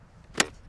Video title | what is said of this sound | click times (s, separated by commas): Street Level on Rocky Mountain PBS | good. As long as you hear a good click, you know you're bound in there correctly. | 0.4 s